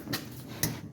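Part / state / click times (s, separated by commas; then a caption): small clip or rod of the door latch actuator going into its mount in a car door / seated / 0.6 s. While replacing the door latch actuator on a 2018 Kia Optima, a small clip or rod of the actuator is pushed back into its mount in the car door. A faint tick comes near 0.1 s, then a sharp, bright click at 0.6 s as the part seats in place.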